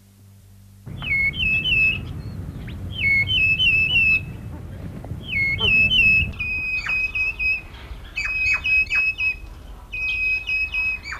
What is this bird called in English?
Vulturine Guineafowl